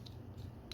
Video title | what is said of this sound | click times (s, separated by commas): Edoggz Reviews: Transformers A.O.T.P. Sideways- UNBOXING | And when you put it back, there's like a thud when you put it back, so it's locked into place at this given time. | 0.1 s, 0.7 s